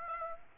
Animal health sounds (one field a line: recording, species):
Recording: mosquito wingbeat signal from an infrared sensor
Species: Aedes aegypti